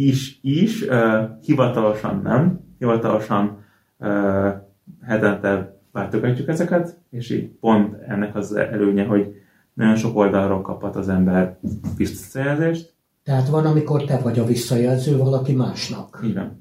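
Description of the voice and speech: An adult man speaks Hungarian at a moderate pace. Stretched sounds recur: a drawn-out opening fricative, long filled 'ö' pauses, and a held consonant before a word, amid mostly fluent phrases. These prolongations fit managed stuttering he has worked to overcome for a good three years, lengthening vowels to ease through blocks he feels coming.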